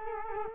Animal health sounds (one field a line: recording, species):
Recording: mosquito wingbeat signal from an infrared sensor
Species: Culex quinquefasciatus